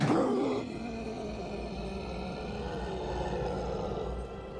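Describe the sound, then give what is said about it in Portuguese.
A voice lets out an excited, throaty growl, starting with a loud, rough burst and trailing into a lower, sustained rumbling snarl for several seconds, imitating an animal. “Ai, eu geralmente sou mais reservado, mas você se importa se eu... rosnar de animação, só um pouquinho?”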